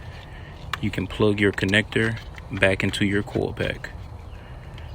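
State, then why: Not seated. Someone talks while handling the wiring harness connector at the ignition coil pack of a 2012 Chevy Cruze 1.8 LS during a spark plug replacement, about to plug it back in by hand. A faint tap sounds near 4.8 s. Nothing has seated or clicked yet.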